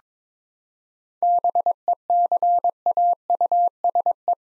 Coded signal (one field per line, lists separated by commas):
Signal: Morse code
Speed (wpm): 21 wpm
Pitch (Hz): 700 Hz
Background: none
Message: BECAUSE